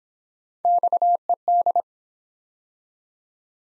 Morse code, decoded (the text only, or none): XED